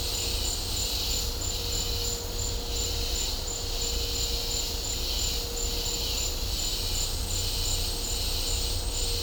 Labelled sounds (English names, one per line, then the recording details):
none
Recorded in dense forest near Puerto Asís, Putumayo, Colombia, on 18 December 2024 at 13:00
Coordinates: 0.503, -76.323
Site G043